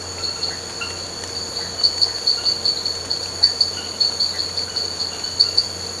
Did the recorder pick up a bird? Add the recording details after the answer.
no. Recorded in pastures near Puerto Asís, Putumayo, Colombia, on 8 March 2025 at 02:00. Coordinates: 0.466, -76.322. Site CSA-02